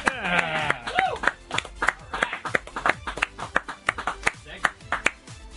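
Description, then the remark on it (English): Scattered applause from a small group after the comedy segment "Whack in My Day", sharp uneven claps continuing for several seconds, with a brief burst of cheering and voices at the start. “Met with adulation and praise.”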